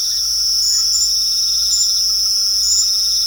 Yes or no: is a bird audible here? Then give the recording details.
no. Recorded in pastures near Puerto Asís, Putumayo, Colombia, on 4 March 2025 at 22:00. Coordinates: 0.497, -76.327. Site G072